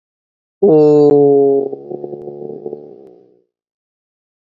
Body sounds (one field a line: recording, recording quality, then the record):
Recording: sustained vowel as in boot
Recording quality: excellent, no background noise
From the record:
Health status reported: healthy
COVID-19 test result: not tested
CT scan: not taken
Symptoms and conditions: none ticked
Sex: male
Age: 24 years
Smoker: no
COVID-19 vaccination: both doses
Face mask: worn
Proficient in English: yes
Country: India